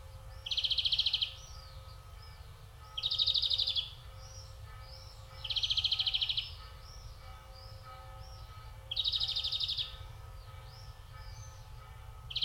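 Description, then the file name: European greenfinch giving long buzzy wheezing notes, several drawn-out nasal buzzes a few seconds apart, with soft twittering chirps between them over a low steady rumble. "Chloris chloris"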